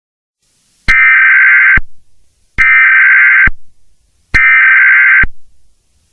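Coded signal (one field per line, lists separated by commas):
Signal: Emergency Alert System (SAME) tones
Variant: header bursts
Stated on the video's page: Fictional EAS scenario, a simulated alert rather than a real broadcast.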